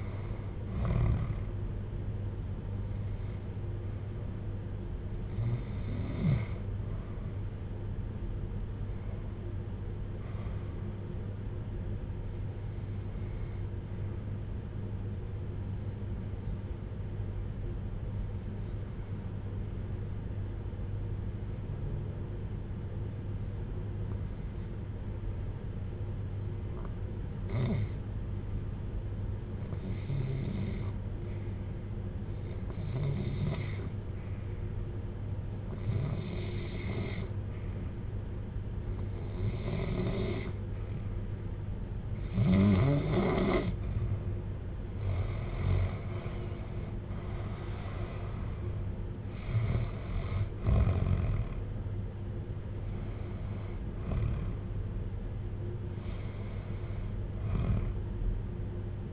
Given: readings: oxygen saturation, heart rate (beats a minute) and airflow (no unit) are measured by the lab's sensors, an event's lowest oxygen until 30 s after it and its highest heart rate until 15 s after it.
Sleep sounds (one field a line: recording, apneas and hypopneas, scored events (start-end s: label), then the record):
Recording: breathing in sleep by a smartphone at the bedside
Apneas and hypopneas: 1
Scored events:
14.00-45.80 s: hypopnea (REM, oxygen 94% highest, then 82% lowest, heart rate 64 at the start, 80 highest)
From the record:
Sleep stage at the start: REM sleep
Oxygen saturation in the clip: 83 to 94%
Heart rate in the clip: 56 to 80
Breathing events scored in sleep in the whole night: 310 in 8.1 hours asleep